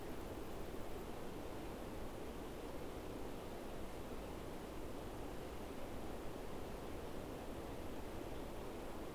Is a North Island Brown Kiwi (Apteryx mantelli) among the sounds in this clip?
no